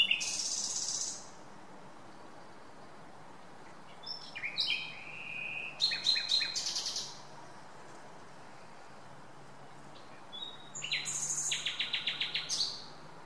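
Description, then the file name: Common nightingale song in separate varied phrases: high buzzy notes, fast repeated clicks and a rapid rattling trill, with short quiet gaps between them. "Luscinia megarhynchos"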